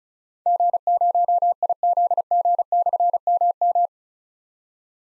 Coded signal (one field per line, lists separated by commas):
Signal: Morse code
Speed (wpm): 36 wpm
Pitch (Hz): 700 Hz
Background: none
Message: G0IZG/MM